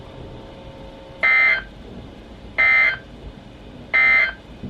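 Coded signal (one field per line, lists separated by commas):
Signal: Emergency Alert System (SAME) tones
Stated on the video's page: Real NOAA Weather Radio alerts from two transmitters, received on a Reecom R1630 with an external antenna; one transmitter's signal sounds poor.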